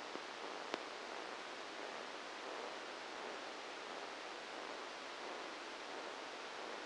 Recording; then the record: brain microelectrode recording played as sound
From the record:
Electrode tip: outside the subthalamic nucleus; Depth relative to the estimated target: 2 mm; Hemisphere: left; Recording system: NeuroSet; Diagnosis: Parkinson's disease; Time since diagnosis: 19 years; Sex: female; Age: 69 years